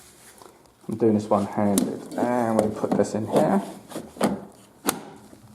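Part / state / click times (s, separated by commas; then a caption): battery pack into snow blower battery port / seated / 4.9 s. Someone talks while pushing a 40-volt lithium battery pack one-handed into the battery port of a RYOBI 20-inch 40-Volt Brushless Cordless Snow Blower. A sharp click at 4.9 s marks the pack seating and locking in place.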